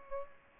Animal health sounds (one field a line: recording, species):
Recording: mosquito wingbeat signal from an infrared sensor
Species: Aedes aegypti